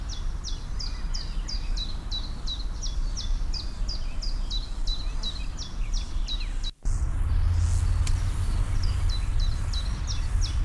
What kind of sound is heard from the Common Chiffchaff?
song